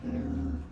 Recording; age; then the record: pig call; growing-finishing pig (85 days or more)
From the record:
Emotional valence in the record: negative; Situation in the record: barren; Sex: female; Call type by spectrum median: low-frequency call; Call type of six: low-frequency stable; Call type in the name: low-frequency stable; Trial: 1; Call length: 0.72 s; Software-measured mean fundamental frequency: 44 Hz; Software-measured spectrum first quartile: 90 Hz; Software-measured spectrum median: 201 Hz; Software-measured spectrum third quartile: 291 Hz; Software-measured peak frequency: 254 Hz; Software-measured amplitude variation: 138 dB a second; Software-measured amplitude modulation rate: 25.7 a second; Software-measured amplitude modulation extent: 5.4 dB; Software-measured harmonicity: -0.3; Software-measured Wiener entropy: -0.07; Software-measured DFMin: 1143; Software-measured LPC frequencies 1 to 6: 279, 1549, 2535, 3795, 4721, 5466 Hz